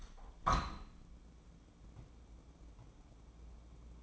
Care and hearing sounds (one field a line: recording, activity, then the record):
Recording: daily activity, microphone in the room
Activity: open window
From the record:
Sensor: 1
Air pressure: 1012.3 hPa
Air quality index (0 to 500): 162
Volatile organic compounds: 3 ppm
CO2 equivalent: 1325 ppm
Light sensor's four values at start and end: 152/341/152/162 and 157/355/157/168